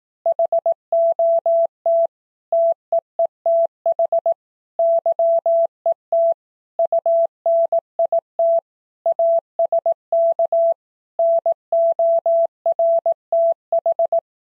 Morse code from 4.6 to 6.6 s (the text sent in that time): YET